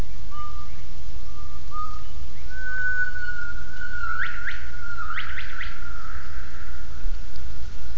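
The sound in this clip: Gibbon call: steady whistled notes that step upward in pitch, then a burst of short rising swoops midway, over a constant low rumbling background.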